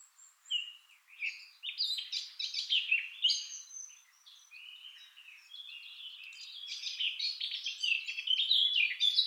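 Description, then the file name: Eurasian blackcap warbling with scratchy and whistled notes, starting with scattered bursts and growing into steady, louder chatter. "Sylvia atricapilla"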